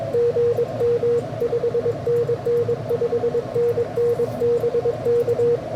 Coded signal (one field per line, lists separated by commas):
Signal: Morse code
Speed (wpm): 22 wpm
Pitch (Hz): 480 Hz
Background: radio noise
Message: GM 5NN 5NN BK